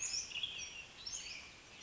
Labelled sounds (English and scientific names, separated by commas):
Western Tanager (Piranga ludoviciana)